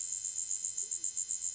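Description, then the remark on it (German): Cicadas chirp in a loud, high-pitched, steady drone that pulses rapidly and evenly, with no voices or other sounds. “Als würden die Zikaden kräftiger zirpen.”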